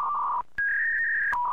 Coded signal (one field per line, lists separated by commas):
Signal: fax machine handshake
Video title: Dial Up Internet Sound - Old School